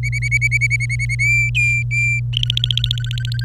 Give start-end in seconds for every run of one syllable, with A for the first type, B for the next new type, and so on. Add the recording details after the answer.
0.03-1.15 A, 1.19-2.20 B, 2.33-3.44 C. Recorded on 26 April 2018 at 13:02. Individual llb3